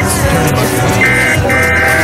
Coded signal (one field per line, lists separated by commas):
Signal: Emergency Alert System (SAME) tones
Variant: end-of-message bursts